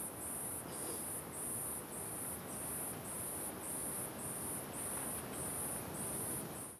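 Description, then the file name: Cricket giving piercing high-pitched bursts in an even rhythm, with heavy wind noise beneath throughout. Very high-pitched cricket calling in closed forest during strong wind. "Grilo Muito Agudo em Mata Fechada com Vento Forte"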